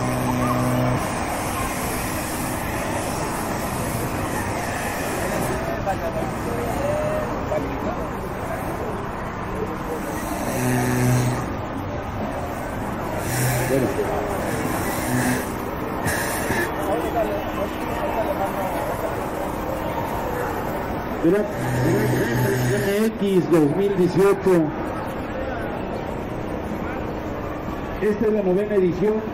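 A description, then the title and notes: City ambience with a constant dense wash of traffic and voices, a low rumble underneath. Short bright bursts stand out near 11, 13 and 16 seconds. From about 21 seconds, sliding, wavering tones and clattering sounds grow louder and busier to the end. CITY SOUNDS AMBIENCE.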